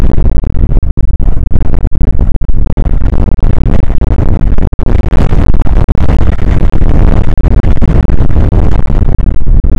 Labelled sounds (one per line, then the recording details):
wind
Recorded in the Prudhoe Bay oil fields, Alaska, on 29 May 2019 at 00:02
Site 25